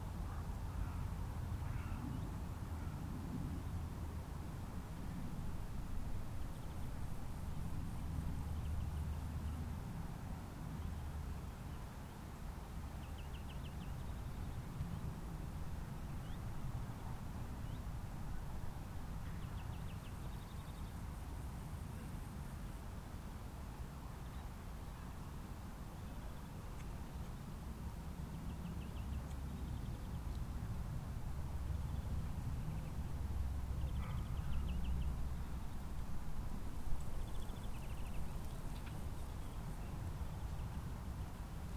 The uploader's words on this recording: Open Moorland | New Forest National Park. This binaural field recording takes you to the heat of the British countryside in summer.